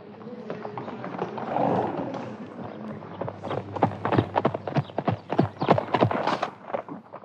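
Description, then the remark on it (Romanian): The hooves of a tall horse clip-clop in a steady, sharp rhythm that grows quicker and louder partway through, each hoof strike a crisp knock over a faint low hum. “Ce cal înalt mi-au adus.”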